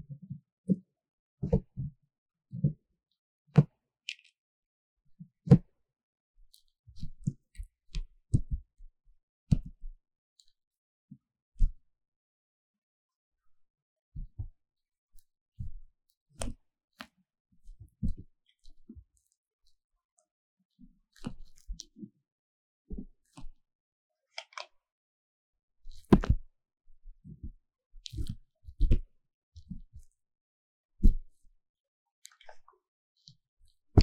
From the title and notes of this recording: 強烈的耳朵深層清理 | 耳掃除 | Deep Ear Cleaning | NoTalking.